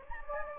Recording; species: mosquito wingbeat signal from an infrared sensor; Anopheles gambiae